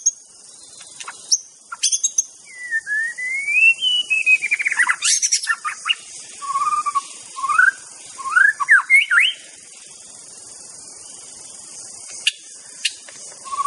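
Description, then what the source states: White-rumped shama song of fluid whistled phrases rising and falling, mixed with sharp chips and rapid trills, then fading to insect hiss with occasional clicks. Wild bird recorded singing in forest.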